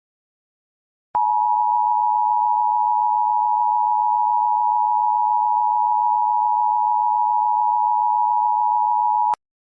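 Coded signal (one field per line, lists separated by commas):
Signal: Emergency Alert System (SAME) tones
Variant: 853 and 960 Hz attention tone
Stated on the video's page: Fictional EAS scenario.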